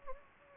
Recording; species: mosquito wingbeat signal from an infrared sensor; Anopheles gambiae